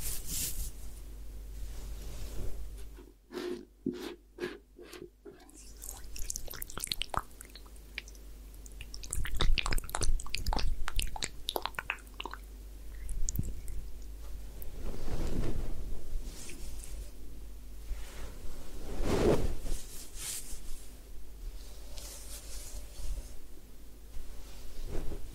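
Hair washing and scalp massage: wet rubbing, squishing and scratching sounds come in dense, irregular bursts throughout. Around three to five seconds there is a quick series of sharp crackling strokes, and the busiest rubbing falls near ten and fifteen to twenty seconds over a low steady hum.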